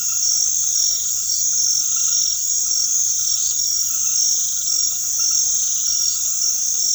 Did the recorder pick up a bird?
no